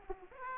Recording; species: mosquito wingbeat signal from an infrared sensor; Aedes aegypti